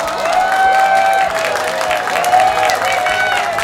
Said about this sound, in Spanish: El público se vuelve loco.